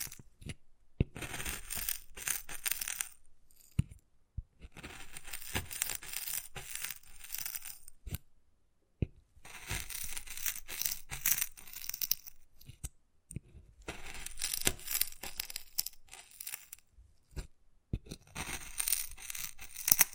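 Wood carving with dense scratching and scraping strokes that come in bursts of a few seconds, separated by short silences. Sharp taps and clicks punctuate the gaps, roughly every second or two. The scraping is bright and rasping, with little low sound.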